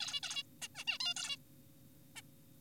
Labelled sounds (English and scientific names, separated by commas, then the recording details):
Zebra Finch (Taeniopygia guttata)
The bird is an adult
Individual g4p5U